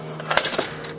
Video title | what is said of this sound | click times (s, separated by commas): RockyMounts Review | when you hear that click it's locked it's locked into position and you're ready to start loading bikes now | 0.4 s